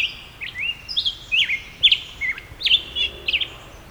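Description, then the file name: Black-headed grosbeak delivering a continuous run of sweet, slurred warbling notes, each dipping and rising in pitch, steady for the whole four seconds. "Black-headed Grosbeak - Pheucticus melanocephalus"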